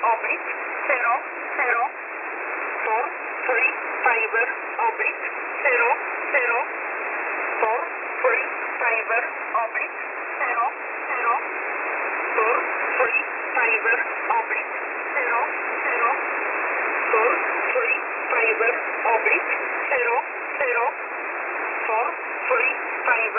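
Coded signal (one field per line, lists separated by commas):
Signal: numbers station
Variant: E11 (Oblique)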